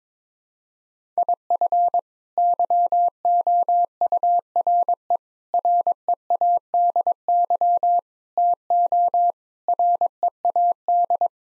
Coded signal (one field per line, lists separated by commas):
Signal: Morse code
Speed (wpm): 21 wpm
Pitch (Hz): 700 Hz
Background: none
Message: IF YOURE READY TO READ